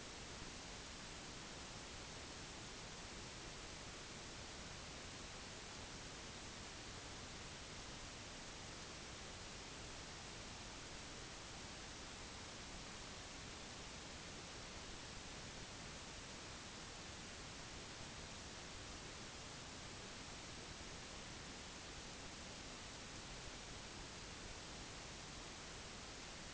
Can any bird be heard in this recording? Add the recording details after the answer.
no. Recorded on Arctic tundra, site NAIT-1, on 30 June 2019. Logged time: 06:00